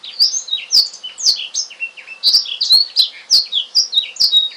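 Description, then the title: Oriental magpie-robin song of loud clear whistled phrases, each rising or falling, delivered in quick succession with a few brief clicks and a faint background hum. "Kicau Kacer Durasi Panjang 1jam Lebih"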